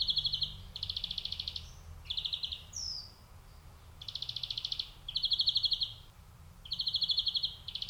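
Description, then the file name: European greenfinch delivering repeated dense, rattling trills, one brief whistled note in between, against faint low background noise. "Chloris chloris"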